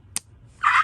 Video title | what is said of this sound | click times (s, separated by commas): Fun Fold Stampin’ Up! Two-Step Stamping With a SURPRISE Tool! #FashionFriday | It snapped. Did you hear that? | 0.2 s